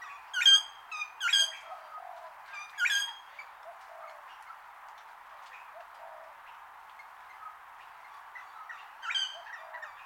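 Wattlebird calls: three loud, coarse squawks in quick succession, a long quieter stretch of faint chatter, then one more harsh call.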